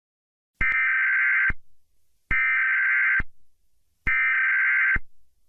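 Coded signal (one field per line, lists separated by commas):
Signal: Emergency Alert System (SAME) tones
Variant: header bursts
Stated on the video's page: Fictional zombie apocalypse EAS rendition with TTS, not a real alert.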